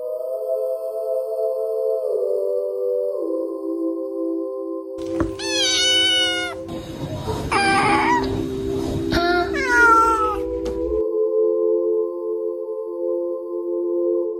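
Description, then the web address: Cat meowing, a few drawn-out wavering meows in the middle with some rustling noise, over a steady humming tonal drone throughout. "meow"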